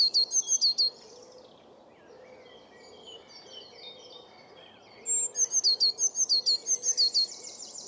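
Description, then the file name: Eurasian blue tit giving fast series of high, piercing notes, a short run at the start and a longer run of about a dozen notes later, with soft background chirps. "Cyanistes caeruleus"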